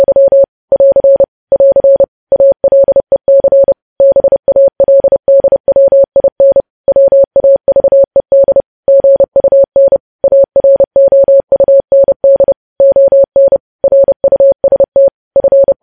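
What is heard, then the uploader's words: Morse code sounded as a single steady beep in the middle range, switched on and off in quick dots and dashes. The keying runs continuously across the whole stretch in regular groups with short gaps between them. Nothing else is audible behind the tone. Morse code.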